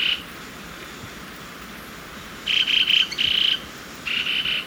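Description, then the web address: Bronze-green euphonia song: clusters of high, buzzy, trilled notes in three bursts, separated by pauses, against constant background noise. Recorded in Ecuador. "Birds of Ecuador. Bronze-green Euphonia"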